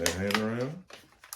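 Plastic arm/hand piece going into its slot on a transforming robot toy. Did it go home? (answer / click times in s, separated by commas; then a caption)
no / none. Someone talks while handling a large plastic transforming robot toy mid-transformation, moving its plastic hand/arm piece toward its slot, with brief sharp handling ticks near the end. Nothing has seated or clicked into place yet.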